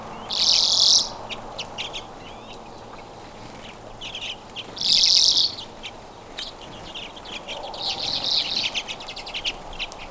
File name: Common Redpoll - Acanthis flammea